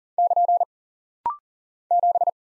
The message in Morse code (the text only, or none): <KN> 7